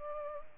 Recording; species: mosquito wingbeat signal from an infrared sensor; Culex pipiens